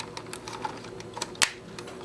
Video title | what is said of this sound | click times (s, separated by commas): Soul of Chogokin GX-63 General Franky Review - CollectionDX | Okay, you can pull this out a little bit until it clicks. There you go, you got the head. | 1.4 s